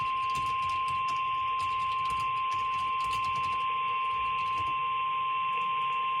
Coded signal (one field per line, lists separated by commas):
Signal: Emergency Alert System (SAME) tones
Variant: 1050 Hz attention tone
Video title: EAS 1402: NWS Twin Cities Tornado Warning #3